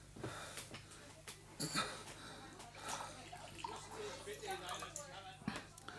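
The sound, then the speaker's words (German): Water is poured into a glass, a steady splashing trickle lasting several seconds with a sharper gush near the start and soft breathy noises around it. “Gib mir ein Glas Wasser”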